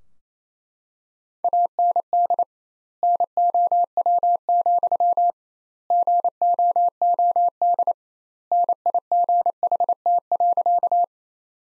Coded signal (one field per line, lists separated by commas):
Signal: Morse code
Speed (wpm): 28 wpm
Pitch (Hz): 700 Hz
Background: none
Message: AND NOW, GOOD NIGHT.